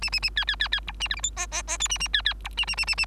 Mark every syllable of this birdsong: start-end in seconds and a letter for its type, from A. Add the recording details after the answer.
0.01-0.10 A, 0.12-0.20 A, 0.22-0.30 A, 0.36-0.45 B, 0.47-0.56 B, 0.59-0.68 B, 0.72-0.80 B, 0.87-0.92 C, 1.00-1.08 A, 1.10-1.16 D, 1.16-1.21 E, 1.23-1.30 F, 1.36-1.47 G, 1.51-1.62 G, 1.67-1.78 G, 1.80-1.88 H, 1.89-1.98 A, 2.00-2.08 A, 2.13-2.22 B, 2.25-2.34 B, 2.44-2.49 C, 2.57-2.65 A, 2.67-2.75 A, 2.77-2.85 A, 2.87-2.95 A, 2.97-3.06 A. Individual Bird3